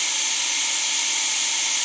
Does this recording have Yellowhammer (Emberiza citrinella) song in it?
no